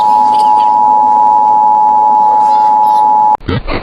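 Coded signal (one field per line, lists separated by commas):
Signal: Emergency Alert System (SAME) tones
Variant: 853 and 960 Hz attention tone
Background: speech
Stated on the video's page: Alert that aired on TV during a children's show.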